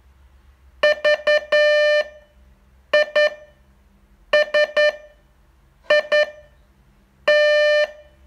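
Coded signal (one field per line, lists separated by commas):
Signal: Morse code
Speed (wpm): 10 wpm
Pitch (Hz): 600 Hz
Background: none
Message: VISIT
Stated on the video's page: Morse training test, day 38 of a 42-day course.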